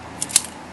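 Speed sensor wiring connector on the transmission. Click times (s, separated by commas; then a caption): 0.4 s. A plastic electrical wiring connector is plugged back onto the speed sensor on the transmission of a 2006 Ford Expedition. A faint click at 0.2 s is followed by a louder, sharp snap at 0.4 s as the connector locks into place. The connector is seated.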